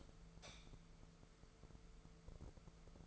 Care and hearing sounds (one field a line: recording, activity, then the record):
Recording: daily activity, microphone in the room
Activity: light off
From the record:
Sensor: 5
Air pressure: 1014.6 hPa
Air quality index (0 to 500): 150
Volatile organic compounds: 4 ppm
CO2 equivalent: 1651 ppm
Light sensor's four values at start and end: 75/181/74/77 and 74/177/72/76